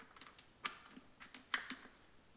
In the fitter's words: it it locks into place